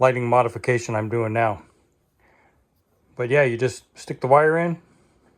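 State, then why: Not seated. Someone talks while handling a small lever-type push-in wire connector, getting ready to push a wire in and press its plastic lever cover closed. Only speech is heard, in two stretches with a quiet gap from about 1.7 to 3.1 seconds. Nothing has seated or clicked yet.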